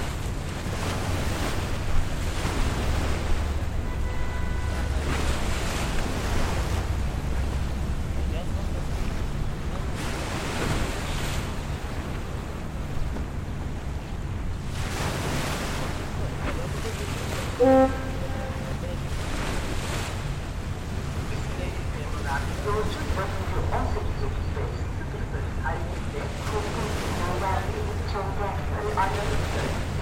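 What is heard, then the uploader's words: Ambience on the Besiktas coast in Istanbul: a steady low rumble with water washing in, swelling in broader surges around 11, 15 and 19 seconds. A brief high tone sounds near 17 seconds, and voices come through over the last eight seconds. Besiktas Coast, Istanbul, TR. Ambient sound of Besiktas Coast. Recorded with Zoom H6, using X/Y Mic capsule.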